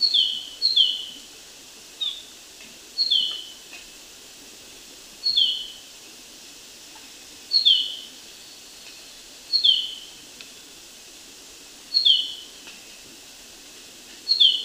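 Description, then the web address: Orange-bellied euphonia giving high, clear paired notes, each a quick downslurred whistle, repeated every few seconds against a steady background hiss. Ecuador. "Birds of Ecuador. Orange-bellied Euphonia"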